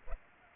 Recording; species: mosquito wingbeat signal from an infrared sensor; Culex pipiens